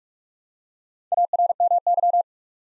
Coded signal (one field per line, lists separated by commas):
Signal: Morse code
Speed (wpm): 44 wpm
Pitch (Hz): 700 Hz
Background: none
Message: ARMY